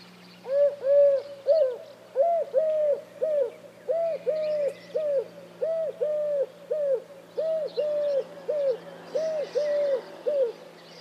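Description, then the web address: Bird hooting or cooing, mellow low notes repeated steadily, often in pairs, with a soft steady hum behind. "cianscape. Deverinetal 2025. Bird Only"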